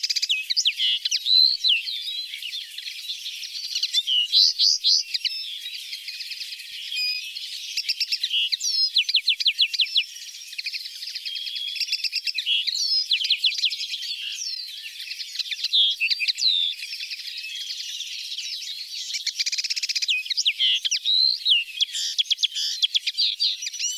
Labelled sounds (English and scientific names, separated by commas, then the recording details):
Common Linnet (Linaria cannabina) song
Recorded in the wild
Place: Merdingen bis Ihringen / Kaiserstuhl, Baden-Württemberg, DE
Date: 1980-05-15
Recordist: Schwarz, Dieter
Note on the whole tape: Song